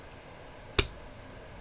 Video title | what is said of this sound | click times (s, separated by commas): The Secret to a Tavor SAR Bolt | you hear that click and this part protrudes. | 0.8 s